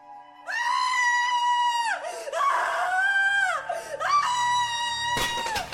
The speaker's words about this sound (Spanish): Entonces dio un grito de alarma y de angustia.